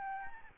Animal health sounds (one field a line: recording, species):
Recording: mosquito wingbeat signal from an infrared sensor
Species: Aedes albopictus